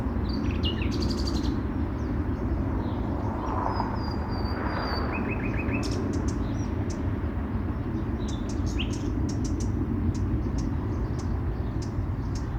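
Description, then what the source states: Birds calling: a burst of high chirps and a brief buzzy trill, later scattered sharp ticks, against a continuous dense traffic rumble. City park ambience in spring, with cars heard alongside the birds.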